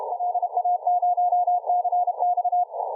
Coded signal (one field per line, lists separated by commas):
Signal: Morse code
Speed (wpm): 30 wpm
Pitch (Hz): 720 Hz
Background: none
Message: LA0CX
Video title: Декодируем Азбуку Морзе, Decode Morse code - радиосвязь, CQ, SDR